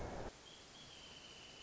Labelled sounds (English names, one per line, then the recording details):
Wrentit
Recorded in Sonoma County, California